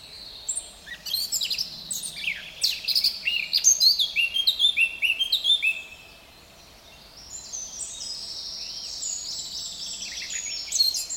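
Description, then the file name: Eurasian blackcap singing a rich, fast warble of scratchy notes and pure fluty whistles for about five seconds, then a quieter stretch with faint high twittering. "Sylvia atricapilla"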